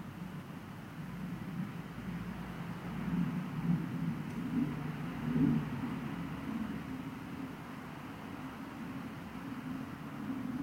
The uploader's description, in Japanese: 私の家の窓辺から録音した環境音